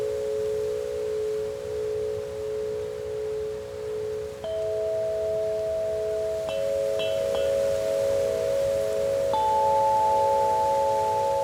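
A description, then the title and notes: Wind chimes ring in a soft, spacious breeze, their long, sustained tones overlapping in a steady mid-pitched wash. New strikes enter around four and a half, six and a half, and nine seconds, each adding a brighter note that hangs on. Faint breeze hiss fills the background. The spacious sounds of wind chimes and soft breeze.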